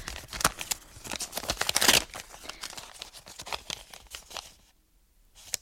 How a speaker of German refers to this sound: Ich weiß nicht, wieso ich die Geistesgegenwart hatte, den Umschlag nicht eher aufzureißen, bis ich mich in meinem Zimmer befand, die Tür geschlossen und den Riegel vorgeschoben hatte.